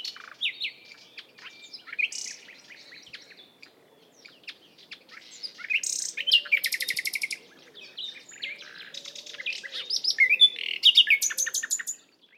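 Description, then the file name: Common nightingale song: varied phrases of whistles and chips, with fast repeated rattling notes and rich trills. "Luscinia megarhynchos"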